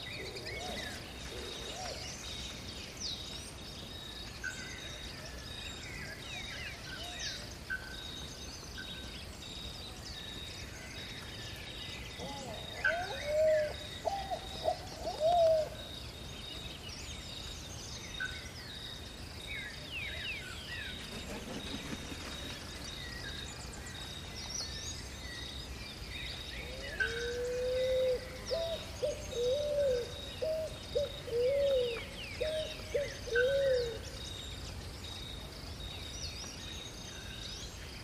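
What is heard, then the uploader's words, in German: A Brazilian rainforest on a winter morning, with a steady bed of insect hiss and a faint constant high tone. A low, mellow bird call repeats in short phrases around 13–16 seconds and again from 27 to 34 seconds, while scattered chirps sound throughout. Sanfte Dschungelgeräusche zum Einschlafen - Ein brasilianischer Dschungel an einem Wintermorgen. Naturgeräusche aus dem Regenwald.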